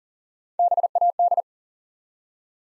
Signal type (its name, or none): Morse code